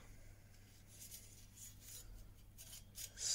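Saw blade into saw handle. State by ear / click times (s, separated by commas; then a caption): not seated / none. The cleaned steel blade of a Japanese pull saw is slid into its handle socket, giving soft, faint rubbing and scraping sounds over a low steady hum. Nothing has clicked or seated yet.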